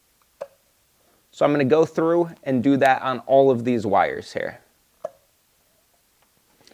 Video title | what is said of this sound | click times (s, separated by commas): How to Replace Spark Plugs & Wires on a 1990–2000 Mazda Miata (NA/NB DIY Guide) | to do that, you're just going to grab right here, pull straight up, and you'll hear it pop out of place. | 0.4 s